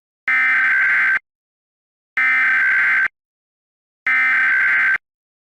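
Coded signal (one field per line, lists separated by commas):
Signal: Emergency Alert System (SAME) tones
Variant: header bursts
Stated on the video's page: Fictional EAS scenario; simulated SAME tones made with the DASDEC Kal voice.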